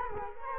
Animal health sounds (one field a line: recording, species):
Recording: mosquito wingbeat signal from an infrared sensor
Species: Culex quinquefasciatus